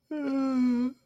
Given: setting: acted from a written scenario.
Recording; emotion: vocal sound without words; distress